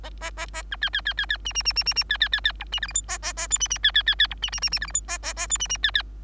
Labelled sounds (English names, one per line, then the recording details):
Bengalese Finch song
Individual Bird3